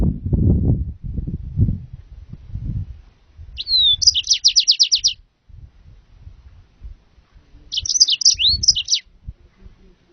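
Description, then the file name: Yellow-fronted canary giving two phrases: a slurred note into a fast, even trill, then a short twittering jumble, with low thumping noise. "serinus mozambicus"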